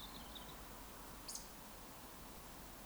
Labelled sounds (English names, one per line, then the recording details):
Eurasian Woodcock whistle
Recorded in Baden-Württemberg, Germany, on 18 June 2021 at 19:24 UTC
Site 49334, 1074 m above sea level